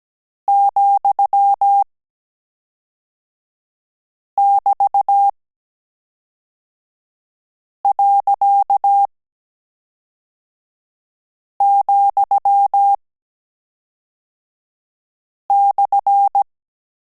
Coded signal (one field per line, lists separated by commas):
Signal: Morse code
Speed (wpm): 17 wpm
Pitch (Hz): 800 Hz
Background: none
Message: ,<BT>.,/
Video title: Morse Code - AR and AS - Last Lesson 18 – End of Course